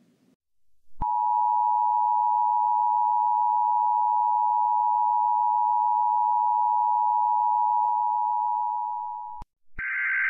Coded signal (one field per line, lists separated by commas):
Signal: Emergency Alert System (SAME) tones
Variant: 853 and 960 Hz attention tone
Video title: I Accidentally EAS